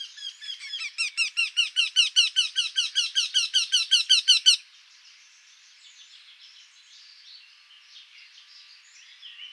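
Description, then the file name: Eurasian wryneck giving a fast series of many nasal, ringing notes that grow louder, then stop, leaving faint background sounds. Recorded at Marcilly on 7 June 2013 at 06:00. "Torcol 20130607 0600 Marcilly"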